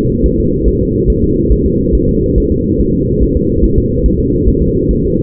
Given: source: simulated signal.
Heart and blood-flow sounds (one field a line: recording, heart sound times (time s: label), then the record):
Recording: fetal heart sounds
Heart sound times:
0.26 s: S1
0.40 s: S2
0.68 s: S1
0.82 s: S2
1.10 s: S1
1.24 s: S2
1.52 s: S1
1.66 s: S2
1.95 s: S1
2.09 s: S2
2.38 s: S1
2.52 s: S2
2.80 s: S1
2.94 s: S2
3.22 s: S1
3.36 s: S2
3.64 s: S1
3.78 s: S2
4.06 s: S1
4.20 s: S2
4.48 s: S1
4.62 s: S2
4.91 s: S1
5.05 s: S2
From the record:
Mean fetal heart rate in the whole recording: 140 bpm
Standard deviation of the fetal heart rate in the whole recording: 2 bpm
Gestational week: 34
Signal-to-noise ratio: -10.2 dB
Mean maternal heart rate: 72 bpm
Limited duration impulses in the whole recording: present